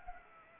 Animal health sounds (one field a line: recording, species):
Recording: mosquito wingbeat signal from an infrared sensor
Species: Anopheles arabiensis